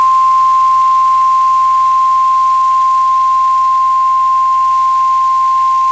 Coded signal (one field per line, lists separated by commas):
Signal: Emergency Alert System (SAME) tones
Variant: 1050 Hz attention tone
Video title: EAS #11- Severe Thunderstorm Warning